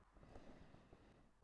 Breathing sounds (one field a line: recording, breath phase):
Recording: one breath near a microphone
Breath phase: inhalation